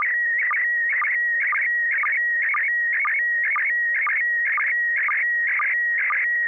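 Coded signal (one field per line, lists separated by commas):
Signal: SSTV (slow-scan television)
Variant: PD120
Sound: steady high tone broken by warbling bursts and short low blips about twice a second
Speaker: okay uh very good we'll go ahead and send the picture it's going to be [Music] pd120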